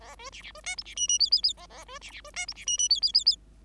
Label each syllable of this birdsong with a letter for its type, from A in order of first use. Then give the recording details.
A B C C B D E C F F G G G A A B C C B D E C F F G G G G. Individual Bird5